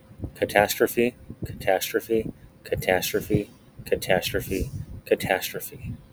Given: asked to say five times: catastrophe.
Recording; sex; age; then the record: repeated word; male; 20 to 29 years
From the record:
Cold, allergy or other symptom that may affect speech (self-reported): no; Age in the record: 28 years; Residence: California, United States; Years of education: 16